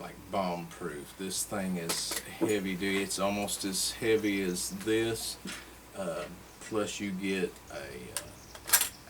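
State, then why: Seated. Someone talks while the folding handle of a stainless steel cook pot is swung out. A sharp metallic click at 8.6 s marks the handle locking open into position.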